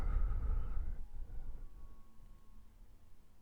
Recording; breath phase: one breath near a microphone; exhalation